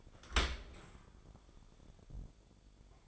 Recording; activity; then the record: daily activity, microphone in the room; open dishwasher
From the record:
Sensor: 5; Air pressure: 1015.0 hPa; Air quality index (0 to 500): 162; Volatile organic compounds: 5 ppm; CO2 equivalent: 1756 ppm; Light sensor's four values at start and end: 38/89/36/38 and 38/89/36/38